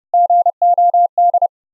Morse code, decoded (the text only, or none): GOD